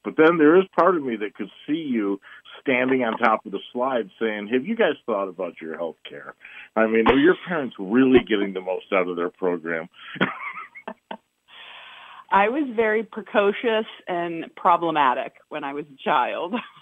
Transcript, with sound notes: but then there is part of me that could see you standing on top of the slide saying, "Have you guys thought about your healthcare?"
(laughs) .
"I mean, are your parents really getting the most out of their program?" (laughs) .
I was very precocious and problematic when I was a child.